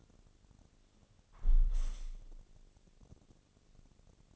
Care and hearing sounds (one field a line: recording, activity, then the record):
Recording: daily activity, microphone in the room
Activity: close window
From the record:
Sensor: 4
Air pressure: 1001.2 hPa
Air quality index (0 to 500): 176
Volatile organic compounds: 2 ppm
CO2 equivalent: 1264 ppm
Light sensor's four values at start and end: 12/28/11/12 and 12/27/11/12